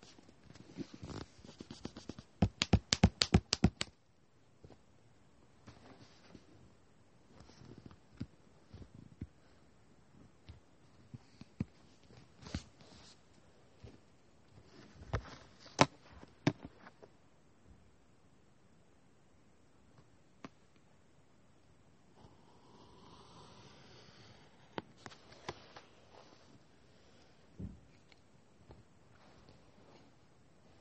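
Drawing and writing sounds: a rapid burst of sharp scratchy strokes fills the first four seconds, then the marks come sparser and softer. Scattered taps and quick scrapes follow at irregular intervals, with a brief rough swishing stroke around 25 seconds.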